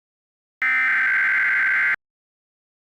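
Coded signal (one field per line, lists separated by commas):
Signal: Emergency Alert System (SAME) tones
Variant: header bursts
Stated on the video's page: Mockup EAS alert, not a real broadcast.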